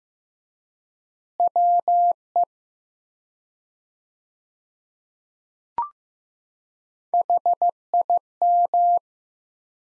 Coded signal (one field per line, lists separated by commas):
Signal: Morse code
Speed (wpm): 15 wpm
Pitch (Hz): 700 Hz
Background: none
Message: WE HIM